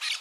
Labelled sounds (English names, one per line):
Brown-throated Parakeet contact call